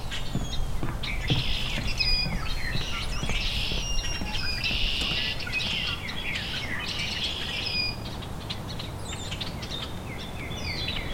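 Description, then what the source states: Rusty Blackbird giving a run of high, buzzy, squeaking notes, dense for several seconds, then thinner whistled slurs over low ambient rumble. Male singing from dogwood, with a very high-pitched vocalization; singing right on time, about 30 minutes after its last songs.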